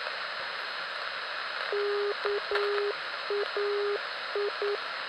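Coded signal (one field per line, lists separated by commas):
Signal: Morse code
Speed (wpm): 9 wpm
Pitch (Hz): 410 Hz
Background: none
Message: KAI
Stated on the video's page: Non-directional beacon at a military airbase on 340 kHz, received on an Icom IC-R20 with a 40-metre end-fed random wire in a tree.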